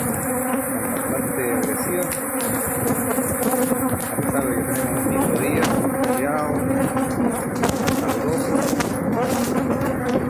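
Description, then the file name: Honey bees giving a continuous, intense buzzing drone throughout. Aggressive honey bees inside the hive. "Abejas agresivas"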